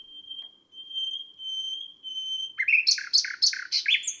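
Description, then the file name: Common nightingale song: a long steady pure whistle held for over two seconds, then a burst of harsh, rapidly repeated notes. "Rossignol philomele"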